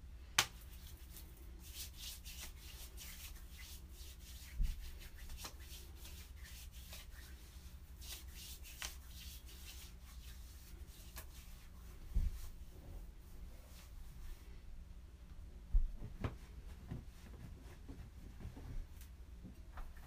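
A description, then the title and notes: Someone taking a shower: a steady low rumble of running water runs throughout, with a soft hiss over it. Rubbing, scrubbing sounds come and go, and a few sharp knocks land near the start, around twelve seconds, and again near sixteen. Taking a shower.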